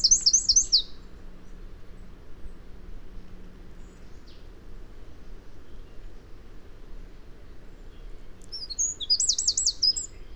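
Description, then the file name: Eurasian wren giving two short bursts of high, rapid trilled notes, one at the start and another near the end, separated by a long quiet stretch with low background hum. "Troglodytes troglodytes"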